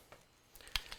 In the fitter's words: from the aquarium at all just snaps back in like that and snaps on like that